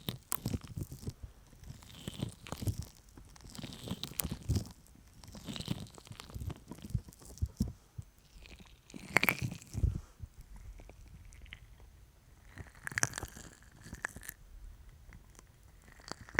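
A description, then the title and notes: Sticky honey ear massage: wet, tacky clicks and squishes come in quick irregular bursts, with brief crinkly tearing textures. Activity is dense for the first eight seconds, then thins out, with a few sharper, brighter sticky pops near 9 and 13 seconds. ASMR Sticky Honey Ear Massage (No Talking).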